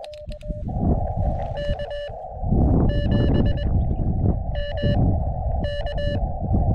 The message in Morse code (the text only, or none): K7MK